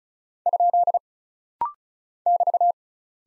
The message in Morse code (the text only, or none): ? <BT>